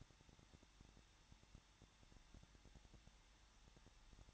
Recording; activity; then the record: daily activity, microphone in the room; no activity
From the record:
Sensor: 3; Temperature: 21.2 degrees Celsius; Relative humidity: 36.3%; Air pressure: 1006.2 hPa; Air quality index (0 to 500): 222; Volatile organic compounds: 41 ppm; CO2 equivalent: 3168 ppm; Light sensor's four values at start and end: 2/3/2/2 and 2/3/2/2